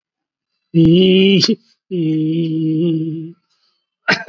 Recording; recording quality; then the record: sustained vowel as in beet; moderate, slight background noise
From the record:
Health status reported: COVID-19 positive, mild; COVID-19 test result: positive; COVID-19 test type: RT-PCR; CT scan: taken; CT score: 17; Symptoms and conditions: cough, breathing difficulty, fatigue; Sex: male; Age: 48 years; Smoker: no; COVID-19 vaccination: one dose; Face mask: not worn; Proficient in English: yes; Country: India